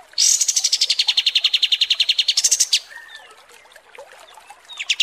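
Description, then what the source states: Kapas tembak song: a sharp opening note, then a long, rapid trill of repeated buzzy notes that rises in pitch near the end before breaking off. Masteran training recording of kapas tembak song, used for tutoring birds.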